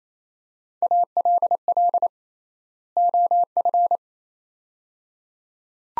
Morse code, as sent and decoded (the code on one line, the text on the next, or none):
.- .-.. .-.. / --- ..-.
ALL OF